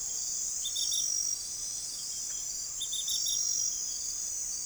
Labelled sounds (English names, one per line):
none